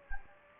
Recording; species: mosquito wingbeat signal from an infrared sensor; Anopheles gambiae